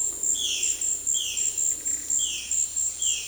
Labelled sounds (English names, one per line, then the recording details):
Violaceous Jay
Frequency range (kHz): Violaceous Jay 2.0-7.6 kHz
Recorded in dense forest near Puerto Asís, Putumayo, Colombia, on 19 February 2024 at 14:00
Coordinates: 0.485, -76.318
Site G6408